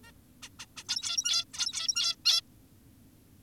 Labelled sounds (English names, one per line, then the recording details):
Zebra Finch
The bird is an adult
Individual g17y2U